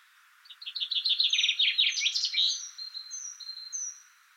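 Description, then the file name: Common chaffinch song, a lively tumbling phrase of rapid notes with a closing flourish, accompanied by high thin whistles repeated afterwards. "Fringilla coelebs"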